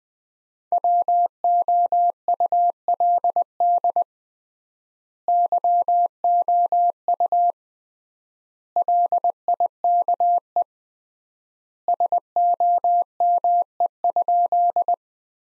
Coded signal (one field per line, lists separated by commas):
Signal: Morse code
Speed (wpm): 20 wpm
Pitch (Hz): 700 Hz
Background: none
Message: WOULD YOU LIKE SOME?